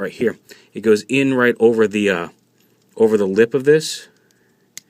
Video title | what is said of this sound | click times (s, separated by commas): Transformers Prime - KNOCKOUT | and snaps on | 4.8 s